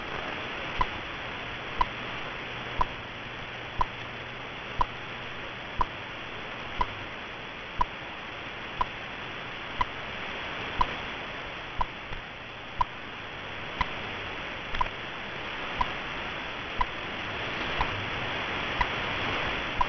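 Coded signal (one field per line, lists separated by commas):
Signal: radio time signal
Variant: BPM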